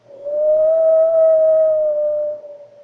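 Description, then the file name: Wolf howl: one long, steady tonal note held level for about two seconds before fading out, with no other sounds. "Wolfdown"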